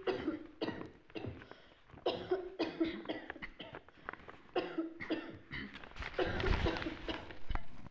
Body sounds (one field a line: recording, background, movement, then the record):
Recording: throat clearing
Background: a bystander coughing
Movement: sitting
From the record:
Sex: female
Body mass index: 25.5 kg/m2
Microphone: on the chest, facing the body